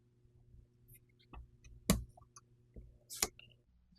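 The hammer spring of a Marlin 336 lever-action rifle, with its wedge behind it, is pushed into the rifle frame, and a sharp click at 1.9 s marks it seating and wedging itself at the top. Fainter handling clicks and taps sound before and after, with a louder snap near 3.2 s. The hammer spring is seated in place.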